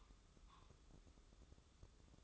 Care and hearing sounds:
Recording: daily activity, microphone in the room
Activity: take from stove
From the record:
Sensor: 3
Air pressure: 995.4 hPa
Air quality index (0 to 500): 85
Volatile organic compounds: 8 ppm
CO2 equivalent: 2078 ppm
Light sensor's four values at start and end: 26/79/33/28 and 26/79/33/28

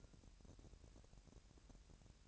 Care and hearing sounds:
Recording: daily activity, microphone in the room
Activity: take from stove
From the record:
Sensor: 2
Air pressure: 1011.9 hPa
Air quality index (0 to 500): 189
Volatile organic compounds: 3 ppm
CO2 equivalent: 1346 ppm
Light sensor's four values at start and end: 71/167/68/65 and 71/167/68/65

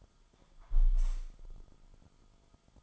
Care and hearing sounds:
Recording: daily activity, microphone in the room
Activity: close window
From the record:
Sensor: 5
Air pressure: 1004.8 hPa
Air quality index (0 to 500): 82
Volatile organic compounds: 2 ppm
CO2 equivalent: 983 ppm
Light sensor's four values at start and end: 34/79/32/31 and 34/79/32/31

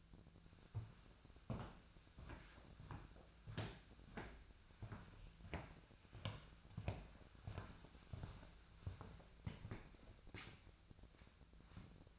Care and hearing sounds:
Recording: daily activity, microphone in the room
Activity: walk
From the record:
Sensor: 2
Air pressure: 1008.1 hPa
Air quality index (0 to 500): 181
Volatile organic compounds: 10 ppm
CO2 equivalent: 2227 ppm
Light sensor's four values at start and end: 12/28/12/12 and 11/27/11/12

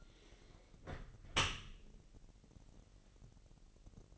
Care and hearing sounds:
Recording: daily activity, microphone in the room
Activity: close dishwasher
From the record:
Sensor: 4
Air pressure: 1001.5 hPa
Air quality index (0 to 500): 249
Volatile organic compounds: 42 ppm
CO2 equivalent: 3178 ppm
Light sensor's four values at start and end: 8/18/7/6 and 8/17/7/6

